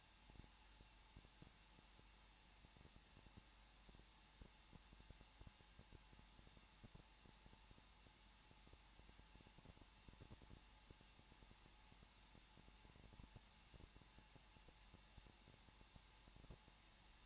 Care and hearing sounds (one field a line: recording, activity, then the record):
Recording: daily activity, microphone in the room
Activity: no activity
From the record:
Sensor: 1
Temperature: 20.0 degrees Celsius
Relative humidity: 39.5%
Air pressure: 1006.4 hPa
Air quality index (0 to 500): 220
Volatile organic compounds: 83 ppm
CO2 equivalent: 3634 ppm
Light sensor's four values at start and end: 1/2/1/1 and 1/2/1/1